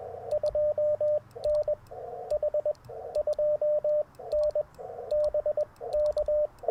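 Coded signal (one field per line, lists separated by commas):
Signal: Morse code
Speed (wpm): 20 wpm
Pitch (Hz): 600 Hz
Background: radio noise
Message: 2N H 2N BK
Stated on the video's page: QRP CW POTA park activation at dawn using an Icom IC-705, Alex Loop antenna and a Modern Morse Nameless key.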